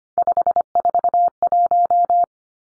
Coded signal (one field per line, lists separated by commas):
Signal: Morse code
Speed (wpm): 25 wpm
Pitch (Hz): 700 Hz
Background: none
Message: 541